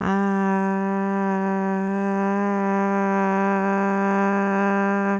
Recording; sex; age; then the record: sustained vowel /a/; female; 20 to 29 years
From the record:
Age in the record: 20 years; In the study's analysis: included